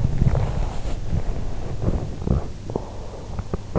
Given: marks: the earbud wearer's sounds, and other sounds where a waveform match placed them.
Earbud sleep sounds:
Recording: sounds in sleep by an in-ear microphone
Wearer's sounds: body movement, swallowing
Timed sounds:
0.14-2.25 s: body movement
2.25-3.74 s: swallowing

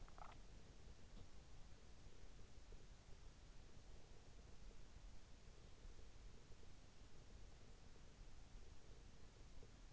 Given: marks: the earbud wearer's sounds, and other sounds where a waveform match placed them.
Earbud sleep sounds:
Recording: sounds in sleep by an in-ear microphone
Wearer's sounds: swallowing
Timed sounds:
0.00-0.44 s: swallowing

